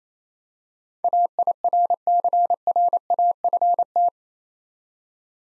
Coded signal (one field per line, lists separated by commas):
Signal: Morse code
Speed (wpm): 28 wpm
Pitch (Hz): 700 Hz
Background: none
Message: AIRCRAFT